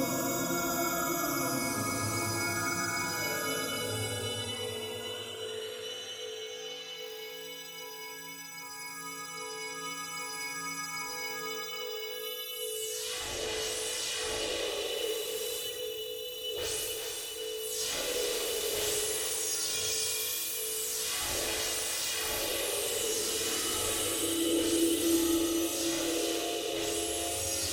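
Synthesizer tones blend with a natural soundscape, starting as a sustained, slowly sweeping chord of layered drones that thins and darkens near the middle. From about thirteen seconds, a brighter, busier texture of rising and falling swoops takes over above a steady held low note.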